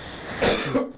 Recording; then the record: coughing mixed with background sound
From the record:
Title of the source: Spring Cold Coughing 3